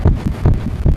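Loud, booming, bass-heavy low heart thumps come in rapid succession in an adult heart heard by stethoscope, with a rumbling murmur between beats. The rhythm is fast, very loud and irregular: atrial fibrillation with a heart murmur.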